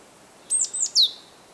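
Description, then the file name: Great tit call: a short high phrase of three thin notes, the last dropping sharply in pitch, over faint background hiss. "Parus major"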